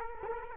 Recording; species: mosquito wingbeat signal from an infrared sensor; Culex quinquefasciatus